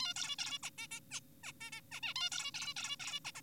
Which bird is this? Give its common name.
Zebra Finch